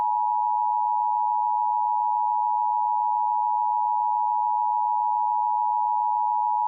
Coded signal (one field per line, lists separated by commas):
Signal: Emergency Alert System (SAME) tones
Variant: 853 and 960 Hz attention tone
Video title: Flood From Hell (EAS Scenario)